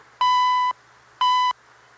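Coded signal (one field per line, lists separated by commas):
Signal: radio time signal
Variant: CHU Canada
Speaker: CHU Canada Eastern Standard Time 14 hours 46 minutes.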